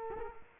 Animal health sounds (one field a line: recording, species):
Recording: mosquito wingbeat signal from an infrared sensor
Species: Culex quinquefasciatus